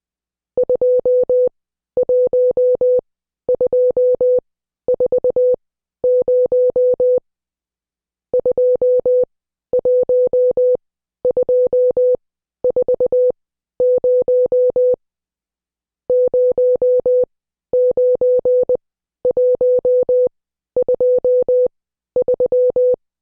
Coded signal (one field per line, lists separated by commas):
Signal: Morse code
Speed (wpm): 20 wpm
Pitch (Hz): 500 Hz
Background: none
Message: 21240 21240 09123